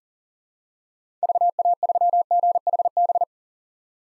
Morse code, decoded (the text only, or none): VA3GHB